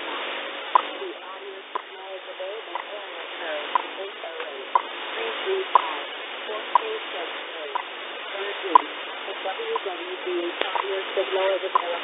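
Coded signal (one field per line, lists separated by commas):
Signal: radio time signal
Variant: WWV/WWVH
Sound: once-per-second clicks over shortwave static, with faint mumbled voice underneath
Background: radio static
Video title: 10000KHZ WWVH and WWV 2022 /05 /16 19:50JST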